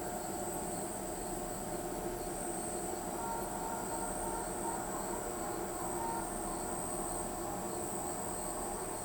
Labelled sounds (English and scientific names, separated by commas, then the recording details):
none
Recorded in pastures near Pivijay, Magdalena, Colombia, on 17 April 2023 at 20:00
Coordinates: 10.456, -74.369
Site P6-G026